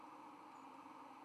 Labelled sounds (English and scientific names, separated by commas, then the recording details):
White-throated Sparrow (Zonotrichia albicollis) flight call
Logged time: 03:17 on 31 October 2014